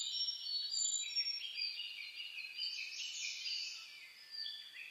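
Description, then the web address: Birds in a dawn chorus, several high twittering and whistled songs overlapping continuously. Dawn chorus (reimei) recorded on 10 May 2010. "sounds data 2010 reimei DH-D 50-saezuri-20100510-0401"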